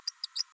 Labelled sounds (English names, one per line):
Green-rumped Parrotlet babbling